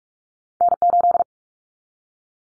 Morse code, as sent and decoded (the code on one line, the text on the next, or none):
-. ---..
N8